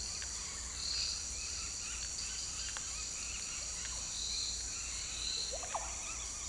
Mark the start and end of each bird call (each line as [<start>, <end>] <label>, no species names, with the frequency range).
[1.32, 2.10] bird call (0.6-3.6 kHz)
[5.54, 6.36] bird call (0.5-5.0 kHz)